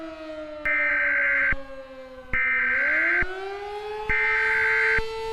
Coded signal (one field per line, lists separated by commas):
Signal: Emergency Alert System (SAME) tones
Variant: header bursts